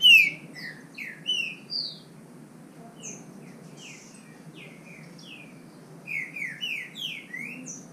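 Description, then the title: Green-winged saltator song: short downslurred whistles given in bursts with pauses, with thin high notes above. Bird named Nicão, in the bush, competing in song with a free-living bird. "Trinca Ferro NICÃ O No Mato Disputando Com Solto"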